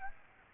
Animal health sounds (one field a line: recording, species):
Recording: mosquito wingbeat signal from an infrared sensor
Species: Aedes aegypti